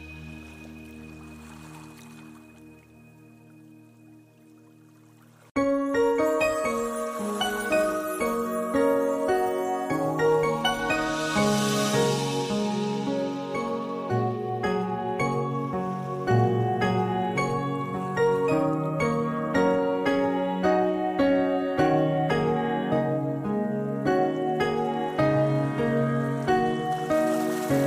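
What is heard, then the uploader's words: Meditation music opens with a quiet, low sustained drone for about five seconds. Then plucked zither-like strings enter abruptly and keep up a steady, flowing run of ringing notes over a warm low bed, with a bright shimmer swelling around the middle. Meditation Music with soft water sounds.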